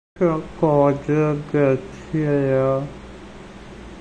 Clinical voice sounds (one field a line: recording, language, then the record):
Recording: elicited speech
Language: Bengali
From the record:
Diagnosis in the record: Broca's or global aphasia after a stroke